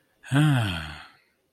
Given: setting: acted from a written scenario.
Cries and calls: vocal sound without words; serenity

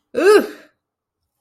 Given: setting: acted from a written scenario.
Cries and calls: vocal sound without words; pain

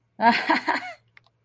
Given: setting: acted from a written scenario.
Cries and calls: vocal sound without words; amusement

